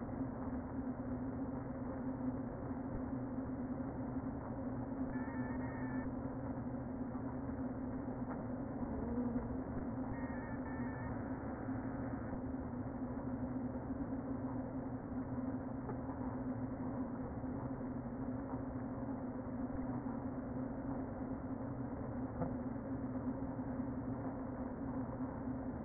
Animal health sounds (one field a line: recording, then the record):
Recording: honeybee colony, microphone inside the hive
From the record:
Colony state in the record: queen present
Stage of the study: before two queens were removed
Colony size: about 60,000 bees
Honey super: yes